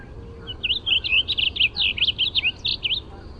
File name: WAVI song